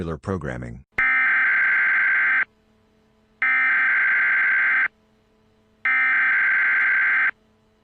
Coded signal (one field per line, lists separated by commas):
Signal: Emergency Alert System (SAME) tones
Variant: header bursts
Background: speech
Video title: EAS Scenario:Peppino Spaghetti